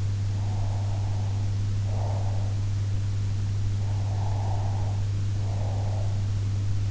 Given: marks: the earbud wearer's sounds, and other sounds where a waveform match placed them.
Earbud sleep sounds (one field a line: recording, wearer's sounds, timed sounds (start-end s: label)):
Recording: sounds in sleep by an in-ear microphone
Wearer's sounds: breath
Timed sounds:
0.29-2.78 s: breath
3.81-6.35 s: breath